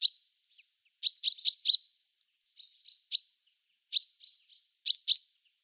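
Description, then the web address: Great tit uttering a quick run of four sharp chink notes, followed by softer notes and further paired calls. "Schulze Peter Great Tit calls"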